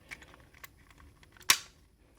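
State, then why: Seated. A plastic piece of a transforming robot toy is fitted over the top of another part of the toy body and pressed home, with a few faint ticks and light handling sounds before it. It snaps into place with one strong, sharp click at 1.5 seconds, and the piece is seated.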